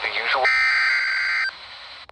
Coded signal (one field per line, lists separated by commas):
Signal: Emergency Alert System (SAME) tones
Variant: header bursts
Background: speech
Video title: (EAS "#940-948") North Carolina Tornado Drill on NWR (KJY85 + WNG588) + FM Radio - 3/4/2026